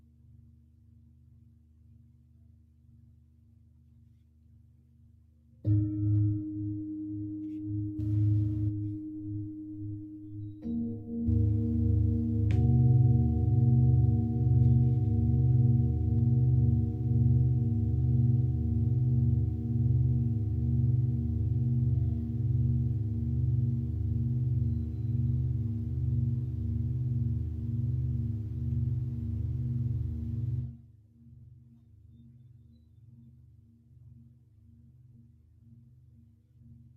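A singing bowl rings in at about six seconds, swells into a louder, steady drone with pulsing low tones, then stops abruptly near thirty-one seconds.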